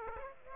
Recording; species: mosquito wingbeat signal from an infrared sensor; Aedes aegypti